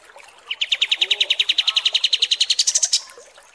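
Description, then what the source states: Kapas tembak song: a quick run of high chipping notes that climbs in pitch toward the end. Masteran training recording of kapas tembak song.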